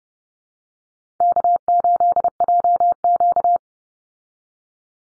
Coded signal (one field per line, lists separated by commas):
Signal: Morse code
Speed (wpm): 30 wpm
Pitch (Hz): 700 Hz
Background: none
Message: K8JQ